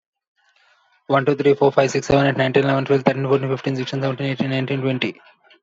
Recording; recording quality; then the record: counting at a fast pace; excellent, no background noise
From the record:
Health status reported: COVID-19 positive, moderate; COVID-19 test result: positive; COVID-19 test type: RT-PCR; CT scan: not taken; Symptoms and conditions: cough, cold, fever, fatigue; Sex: male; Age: 35 years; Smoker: no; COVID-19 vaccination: both doses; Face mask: not worn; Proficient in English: yes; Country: India